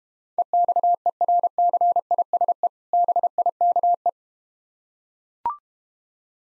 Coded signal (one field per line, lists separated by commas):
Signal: Morse code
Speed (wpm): 31 wpm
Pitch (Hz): 700 Hz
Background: none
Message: EXERCISE BIKE